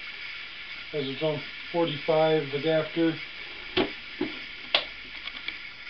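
Someone talks, then handling knocks are heard as the lid of a vintage 1960s light mint-colored Columbia portable 4-speed suitcase record player is closed down onto its carrying case. The lid shuts with a sharp wooden knock at 4.8 s and is seated closed, followed by a few faint ticks.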